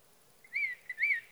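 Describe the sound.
Sage thrasher song: a few clear slurred whistles separated by short pauses, ending with a sharper higher note.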